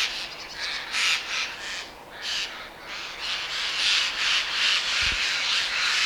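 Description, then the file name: Eurasian jay making grating, noisy squawks in quick uneven bursts, with a short lull near two seconds before the rasping resumes. "Garrulus glandarius"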